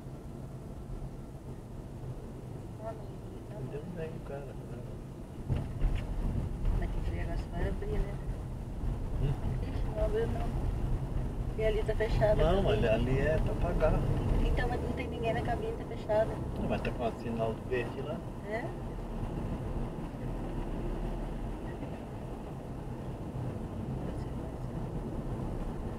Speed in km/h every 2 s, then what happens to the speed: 32, 32, 31, 31, 32, 35, 42, 48, 51, 50, 45, 48, 51.
0-8 steady at about 32. 8-16 speeds up to 51. 16-26 steady at about 50.